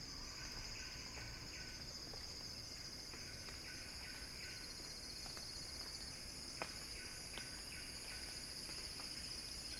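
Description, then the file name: Cicada buzzing, a continuous high shimmering tone with a faint fluttering texture, joined by scattered soft chirps and a few sharp clicks. Cicada song building as a crescendo. "earth-fm Axel-Drioli Cicada-Crescendo-Sounding-Wild"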